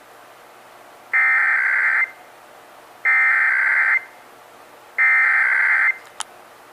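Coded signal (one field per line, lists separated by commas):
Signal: Emergency Alert System (SAME) tones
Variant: header bursts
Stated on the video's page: Texas required monthly test as heard on several radio and TV stations, including WBAP, KXAS and WFAA.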